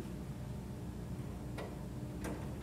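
A plastic bobbin is handled at the bobbin-winder spindle at the top left of a Brother PRS100 embroidery machine, with its notch being lined up on the small pin. Two brief handling sounds come at about 1.6 and 2.2 seconds over a steady low background hum. The bobbin has not yet been pushed home, and nothing has seated or clicked yet.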